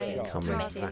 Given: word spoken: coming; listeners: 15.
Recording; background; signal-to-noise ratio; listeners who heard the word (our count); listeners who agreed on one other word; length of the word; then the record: one English word in noise, from a listening test; four-talker babble; 0.0 dB; 2 of 15; 7 of 15; 0.52 s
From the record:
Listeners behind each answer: 7, 4, 2, 1, 1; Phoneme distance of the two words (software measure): 14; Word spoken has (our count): 2 syllables, 5 phonemes, stress on syllable 1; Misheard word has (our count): 1 syllable, 3 phonemes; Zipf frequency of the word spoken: 5.75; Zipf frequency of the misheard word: 6.26